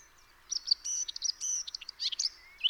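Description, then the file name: Eurasian blackcap: a brief, scratchy, buzzy warble of rapid high notes, ending in a short rising whistle. "Sylvia atricapilla"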